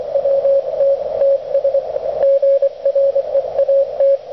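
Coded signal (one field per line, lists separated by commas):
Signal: Morse code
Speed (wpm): 24 wpm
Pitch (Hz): 530 Hz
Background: radio noise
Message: WTTS GREAT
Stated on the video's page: Front-porch QRP DXpedition using an Elecraft K1 into a 44-foot doublet antenna.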